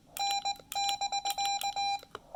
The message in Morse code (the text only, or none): N<BK>